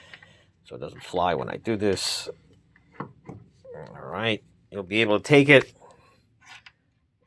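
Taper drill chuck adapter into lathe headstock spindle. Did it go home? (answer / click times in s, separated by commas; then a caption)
no / none. Someone talks while handling a steel 2° taper drill chuck adapter for Schaublin 102 and Habegger JH 102 lathes, getting it ready to be whacked into the lathe headstock spindle. Faint short knocks are heard around 2.8, 3.0 and 3.3 seconds and again near 6.7 seconds. The adapter has not seated or clicked into the spindle yet.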